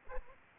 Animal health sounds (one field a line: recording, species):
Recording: mosquito wingbeat signal from an infrared sensor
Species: Aedes aegypti